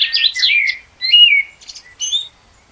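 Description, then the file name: Common blackbird song, a short fluty warble followed by a whistled phrase and a couple of thin high twittering notes, then silence. "Turdus merula"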